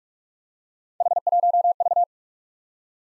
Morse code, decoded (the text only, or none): H1V